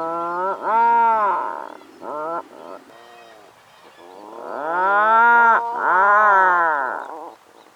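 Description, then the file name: Atlantic puffin giving low, drawn-out groaning moans with rich harmonics, rising then falling, some long and some clipped short, with brief quiet gaps between. "Canto do papagaio do mar"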